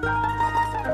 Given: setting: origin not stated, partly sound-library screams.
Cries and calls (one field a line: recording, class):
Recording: one-second piece from a danger detection set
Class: normal situation